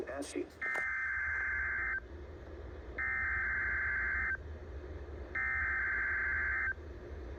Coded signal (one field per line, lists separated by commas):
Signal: Emergency Alert System (SAME) tones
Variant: header bursts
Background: speech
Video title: EAS#17 RWT ￼